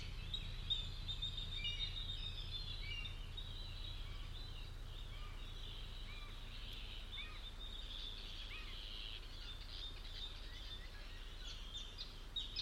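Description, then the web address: Bird calls: a thin high trill at the start, then scattered short chirps among a background chorus, all over a steady low hum. "cianscape birddata Deverinetal 2025 File origin Bird Only"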